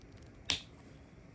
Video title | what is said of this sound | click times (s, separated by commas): Fahrulstore35 Tobey Maguire Black Suit Spider-Man Head Sculpt (third party) quick review | you hear the pop. So, it's never coming off that easily. | 0.5 s